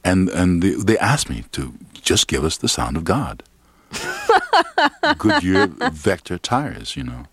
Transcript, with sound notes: And they asked me to just give us the sound of God.
(Laughter).
Goodyear Vector tires, you know?